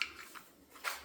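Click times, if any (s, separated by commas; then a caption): none. The plastic battery cover is being handled on a Tomile Walking Pad treadmill remote control after the batteries have been fitted. A sharp, loud hit comes at 0.0 s, followed by faint scraping and rustling and a brief bright burst of noise near 0.9 s. Nothing has seated or clicked shut yet.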